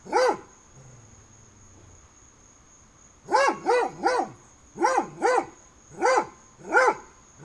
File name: freesound Dogs Barking through Fence on Summer Day binaural